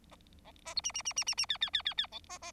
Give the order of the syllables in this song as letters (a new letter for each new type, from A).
A B C D D D D D D E E E E E A B B